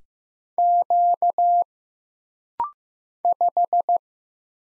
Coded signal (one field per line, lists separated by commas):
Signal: Morse code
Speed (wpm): 15 wpm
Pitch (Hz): 700 Hz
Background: none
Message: Q 5